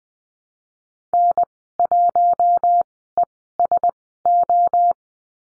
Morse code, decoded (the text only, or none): N1ESO